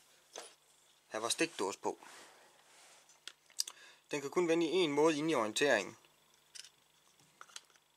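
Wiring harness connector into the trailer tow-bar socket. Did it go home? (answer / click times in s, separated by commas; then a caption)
yes / 7.4 s. A plastic wiring-harness connector is lined up, since it only fits one way, and pushed into the back of a car's trailer tow-bar socket. Someone talks, with short handling taps and clacks in between. The connector clicks and locks in place at 7.4 seconds.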